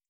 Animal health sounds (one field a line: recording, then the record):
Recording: hydrophone in a shrimp aquaculture tank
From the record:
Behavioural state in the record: feeding